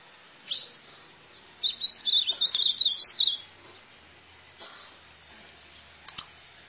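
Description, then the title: White-throated seedeater song: a single sharp note, then a fast, high, warbled run of chirping notes, followed by a few faint ticks. "Canto Do Golinha"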